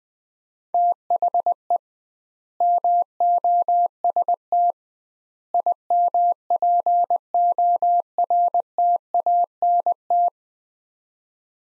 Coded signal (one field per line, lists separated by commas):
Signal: Morse code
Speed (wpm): 20 wpm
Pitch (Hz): 700 Hz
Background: none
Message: THE MOST IMPORTANT